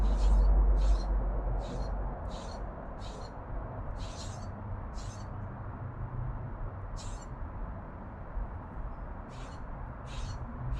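An urban backyard with a steady low traffic hum, while an insect chirps in short, regular, high-pitched bursts about twice a second, pausing midway.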